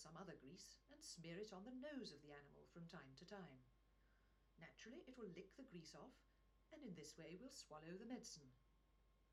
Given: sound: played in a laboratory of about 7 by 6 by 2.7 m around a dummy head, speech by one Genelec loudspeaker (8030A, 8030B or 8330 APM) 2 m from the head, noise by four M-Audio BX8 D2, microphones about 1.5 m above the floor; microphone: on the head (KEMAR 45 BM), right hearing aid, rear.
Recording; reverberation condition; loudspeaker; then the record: female speech in English; low; 60 degrees to the right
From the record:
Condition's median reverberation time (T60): about 310 ms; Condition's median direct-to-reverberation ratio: about 3.5 dB